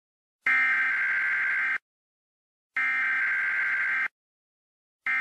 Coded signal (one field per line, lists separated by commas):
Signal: Emergency Alert System (SAME) tones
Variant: header bursts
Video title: Angry EAS: Tornado Warning